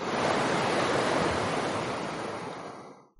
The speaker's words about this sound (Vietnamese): Bên trong hồ lô, một hồi âm thanh như là tiếng nước sông lớn chảy nhanh vang lên.